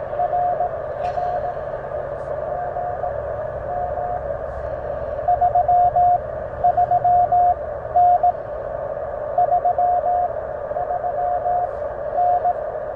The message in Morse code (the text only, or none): RR GM 33N 33N